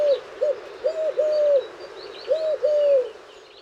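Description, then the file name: Eurasian collared dove cooing, a phrase of four soft hollow coos, then after a pause a shorter two-coo phrase, with faint thin bird chirps above. Recorded 22 March 2020 at 11:02. "Tourterelle-turque 20200322 1102"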